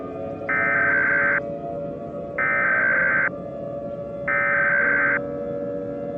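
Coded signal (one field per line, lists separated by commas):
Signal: Emergency Alert System (SAME) tones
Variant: header bursts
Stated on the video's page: EAS alert tones in a fictional exploding-sun scenario, remastered, not a real broadcast.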